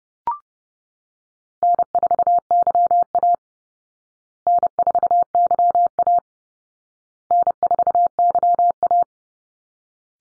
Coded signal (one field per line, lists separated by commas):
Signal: Morse code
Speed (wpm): 30 wpm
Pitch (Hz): 700 Hz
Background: none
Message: N4YA N4YA N4YA